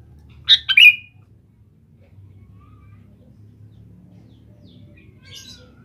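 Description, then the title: Sooty-headed bulbul singing one quick, liquid phrase of a few notes. A second phrase begins right at the end, over a faint low hum. "Kutilang"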